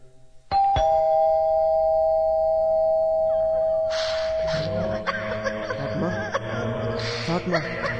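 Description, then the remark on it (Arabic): A doorbell, rung by arriving visitors, chimes with a bright two-tone ring that sustains for a few seconds, then excited voices and commotion burst in over its fading tone. “ندق الجرس.”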